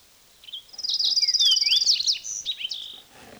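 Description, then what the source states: Fox Sparrow song: a dense, tumbling jumble of bright whistled notes and rapid trilled elements, sweeping up and down for about two and a half seconds. Described as a mixture of fox sparrow, in a field recording.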